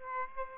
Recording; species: mosquito wingbeat signal from an infrared sensor; Aedes aegypti